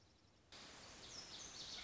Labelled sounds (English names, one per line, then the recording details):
Lazuli Bunting
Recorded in Sonoma County, California